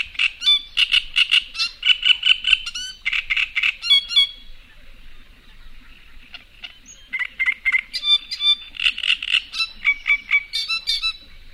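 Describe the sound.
Great reed warbler singing loud, croaking and chattering phrases of rapidly repeated rasping notes, a pause of a few seconds midway, then another burst of harsh repeated syllables.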